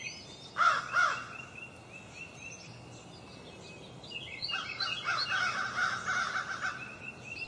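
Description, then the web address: Crow giving a pair of hoarse caws early on, then a longer run of rough calls mixed with high chirps of other birds over a steady hiss. "crows and other birds"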